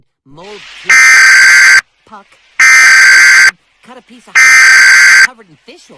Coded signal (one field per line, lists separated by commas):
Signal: Emergency Alert System (SAME) tones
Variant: header bursts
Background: speech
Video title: EAS Mock - Tornado Watch, Half weird, half normal